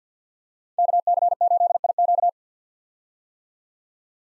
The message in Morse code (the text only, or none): KC8IQ